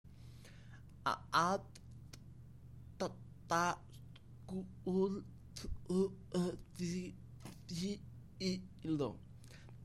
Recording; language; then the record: elicited speech; Bengali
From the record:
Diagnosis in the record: Broca's or global aphasia after a stroke